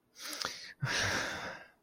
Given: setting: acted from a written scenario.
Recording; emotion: vocal sound without words; shame